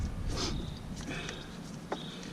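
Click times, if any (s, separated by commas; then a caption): none. A plastic hose quick-connect fitting on a catch can hose is pushed onto an engine vent port of a 2010 SS Camaro during a catch can install. Only faint handling knocks are heard, near 1.3 and 1.9 seconds, with no latch click. The fitting fails to snap on and nothing has seated yet.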